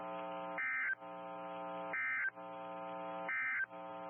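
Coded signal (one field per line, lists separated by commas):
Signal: Emergency Alert System (SAME) tones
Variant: end-of-message bursts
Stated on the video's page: Derecho alerts received on NOAA Weather Radio.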